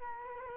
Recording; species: mosquito wingbeat signal from an infrared sensor; Culex quinquefasciatus